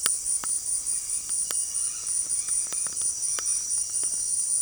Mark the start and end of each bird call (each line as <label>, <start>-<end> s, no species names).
bird call, 0.00-4.62 s